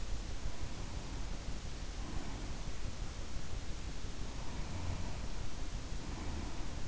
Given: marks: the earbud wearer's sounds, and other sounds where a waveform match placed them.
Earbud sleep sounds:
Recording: sounds in sleep by an in-ear microphone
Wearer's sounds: breath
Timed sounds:
0.26-2.57 s: breath
4.23-6.88 s: breath

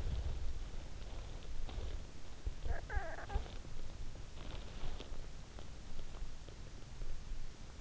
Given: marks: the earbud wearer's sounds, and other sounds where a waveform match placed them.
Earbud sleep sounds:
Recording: sounds in sleep by an in-ear microphone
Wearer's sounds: snoring breath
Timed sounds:
1.98-4.09 s: snoring breath

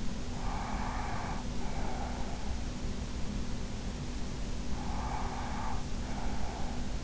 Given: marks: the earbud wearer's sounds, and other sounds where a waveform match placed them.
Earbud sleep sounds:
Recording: sounds in sleep by an in-ear microphone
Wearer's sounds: breath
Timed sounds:
0.29-2.47 s: breath
4.75-7.04 s: breath

